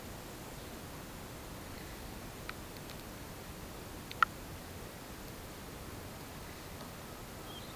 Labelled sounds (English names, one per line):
none